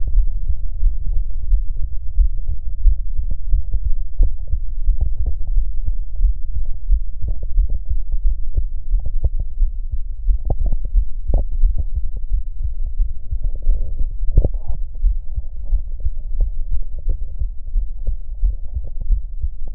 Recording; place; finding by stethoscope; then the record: heart sounds by stethoscope; mitral valve (MV); normal heart sounds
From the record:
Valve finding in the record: normal valve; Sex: male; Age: 63 years